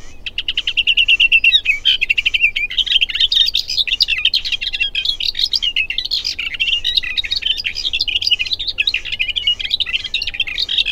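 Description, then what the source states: Booted warbler delivering a long, continuous run of rapid, scratchy chattering and warbling notes that wander up and down throughout. Recorded June 2007.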